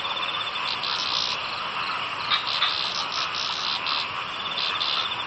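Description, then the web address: Frogs calling in a thick continuous chorus of buzzy, trilling notes, with brief louder pulses standing out now and then. "bumbungrec kaeru frog"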